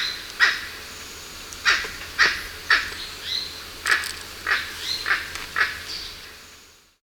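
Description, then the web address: Emerald toucanet giving rough croaking barks in an uneven series with pauses. Recorded in Ecuador. "S America Birds of Ecuador. Emerald Toucanet"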